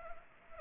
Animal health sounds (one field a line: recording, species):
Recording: mosquito wingbeat signal from an infrared sensor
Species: Anopheles arabiensis